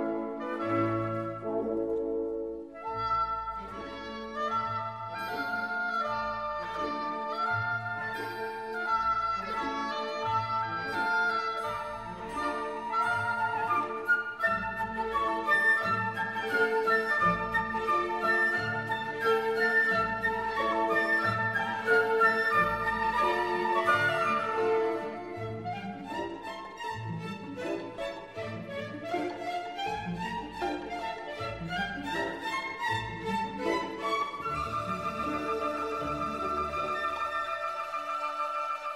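A warm instrumental tune plays steadily, with layered melodic lines over a regular plucked bass pulse and brighter rising notes near the end.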